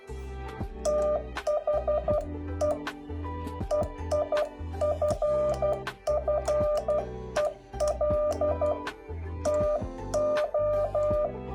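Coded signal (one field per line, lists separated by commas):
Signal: Morse code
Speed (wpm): 12 wpm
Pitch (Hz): 600 Hz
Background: music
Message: THE EIFFEL TO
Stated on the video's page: Morse code quiz.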